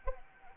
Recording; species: mosquito wingbeat signal from an infrared sensor; Anopheles arabiensis